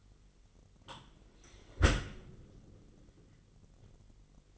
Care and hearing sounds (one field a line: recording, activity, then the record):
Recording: daily activity, microphone in the room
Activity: close dishwasher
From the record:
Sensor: 4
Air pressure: 999.1 hPa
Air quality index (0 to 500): 121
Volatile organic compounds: 2 ppm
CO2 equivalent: 1194 ppm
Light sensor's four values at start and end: 7/18/7/7 and 7/17/7/7